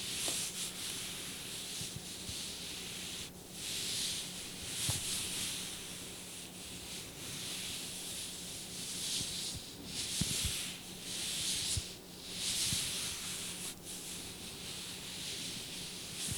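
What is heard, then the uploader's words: Fabric is rubbed in continuous, bright swishing strokes that swell and fade every second or two. A faint low hum runs underneath throughout, with occasional soft knocks and taps scattered across the sixteen seconds. ASMR Rubbing Fabric - Light Massage.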